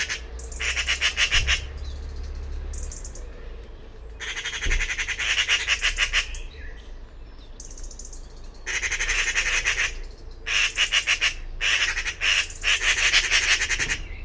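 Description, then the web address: Bird calls as grating, buzzy bursts of quick pulses, some long and some short, with a low droning hum and a couple of thumps beneath. "cianscape birddata Deverinetal 2025"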